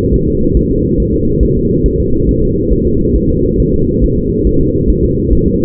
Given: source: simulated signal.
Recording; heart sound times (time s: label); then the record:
fetal heart sounds
0.14 s: S1
0.28 s: S2
0.57 s: S1
0.71 s: S2
1.00 s: S1
1.14 s: S2
1.43 s: S1
1.57 s: S2
1.86 s: S1
2.00 s: S2
2.29 s: S1
2.43 s: S2
2.73 s: S1
2.87 s: S2
3.16 s: S1
3.30 s: S2
3.60 s: S1
3.74 s: S2
4.04 s: S1
4.18 s: S2
4.47 s: S1
4.61 s: S2
4.90 s: S1
5.05 s: S2
5.33 s: S1
5.47 s: S2
From the record:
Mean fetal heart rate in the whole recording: 140 bpm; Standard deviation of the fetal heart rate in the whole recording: 2 bpm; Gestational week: 34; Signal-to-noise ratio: -15.3 dB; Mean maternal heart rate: 72 bpm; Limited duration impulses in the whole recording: present